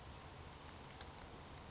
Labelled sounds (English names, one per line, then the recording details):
Western Flycatcher
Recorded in Sonoma County, California